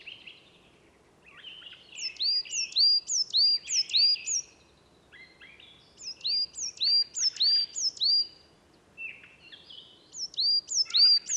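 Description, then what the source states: Coal Tit song: rapid series of high, bright two-note phrases in three bursts, with softer lower chirps woven in. Song at dusk, about 18:30, in Val Drôme forest, Drôme, France, 20 March 2019; like Great Tit's song but more sparkling and finer; parabolic reflector, MKH8020 microphone, MixPre-3 recorder.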